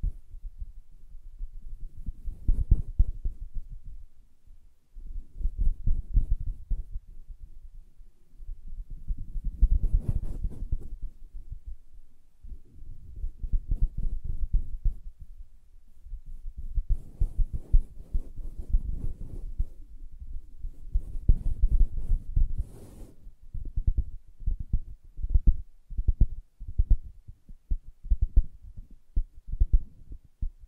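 Soft, muffled tapping and scratching on fabric in low thudding bursts every few seconds, with quicker, sharper taps clustering toward the end.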